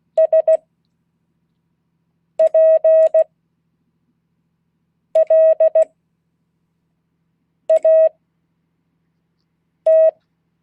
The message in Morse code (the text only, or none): SPLAT